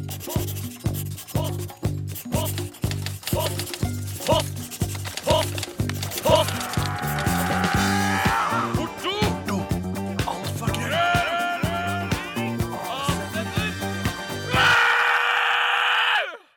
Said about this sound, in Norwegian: Vil du give løs på spørsmål fra lytterne? Ja! Da kjører vi jingle.